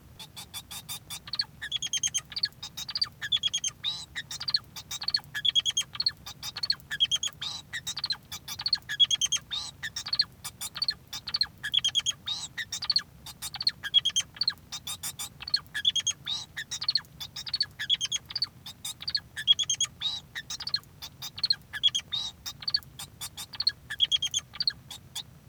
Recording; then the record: song of a male Bengalese finch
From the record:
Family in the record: son of father 2